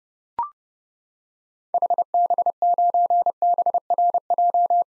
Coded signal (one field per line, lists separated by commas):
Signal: Morse code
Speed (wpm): 31 wpm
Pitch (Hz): 700 Hz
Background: none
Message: HB9BRJ